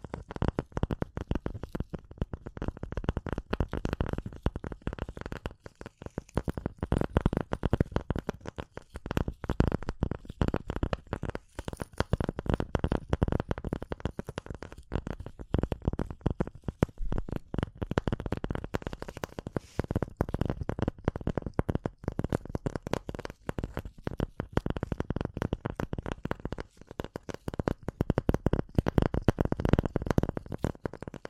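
Dense tapping and scratching runs for the whole half minute, a rapid, irregular stream of short clicks and scrapes with hardly any gaps. The sounds are mostly low and full-bodied with some crisp top, and the intensity stays fairly even, with brief lulls around 13 and 26 seconds.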